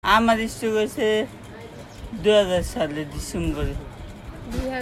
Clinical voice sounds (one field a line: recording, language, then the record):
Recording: elicited speech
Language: Bengali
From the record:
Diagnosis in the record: Broca's or global aphasia after a stroke